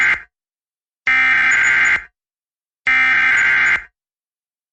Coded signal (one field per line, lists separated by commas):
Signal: Emergency Alert System (SAME) tones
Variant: header bursts